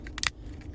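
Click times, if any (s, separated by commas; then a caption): 0.2 s, 0.3 s. The plastic back cover of a 2019–2024 Mazda3 remote key fob is pushed fully home onto the fob housing after a battery change; it fits only one way because of a foot hanging off it. Two sharp click-and-pop sounds at 0.2 s and 0.3 s stand out among quieter handling noises. The cover is snapped on and seated.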